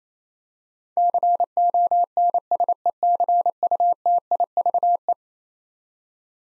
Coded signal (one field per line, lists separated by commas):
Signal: Morse code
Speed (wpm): 28 wpm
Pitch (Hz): 700 Hz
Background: none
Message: CONSECUTIVE